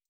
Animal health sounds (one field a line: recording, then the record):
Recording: hydrophone in a shrimp aquaculture tank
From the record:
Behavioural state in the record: stressed